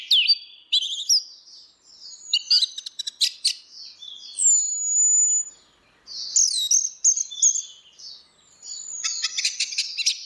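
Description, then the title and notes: Orange-headed thrush pouring out a high, jumbled song of thin twitters, trills and sharp whistles, almost without break. Continuous singing (ngeplong); a masteran recording used to train Chestnut-capped Thrushes (anis kembang) to learn the song. "Anis Kembang 5. Suara Burung Anis Merah Ngeplong - Versi 6. Masteran Anis Kembang"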